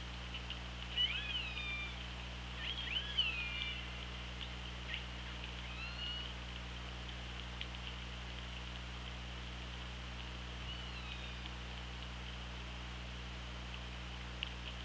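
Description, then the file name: Orca calls: several curving, rising and falling tonal sweeps with harmonics, clustered in the first four seconds and again near six seconds, over steady hiss and low hum. Hydrophone at OrcaLab, 24 August 2017 at 16:56. "Orca Lab UTLN JASON 20170824 165633"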